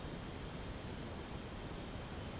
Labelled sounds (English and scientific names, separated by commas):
none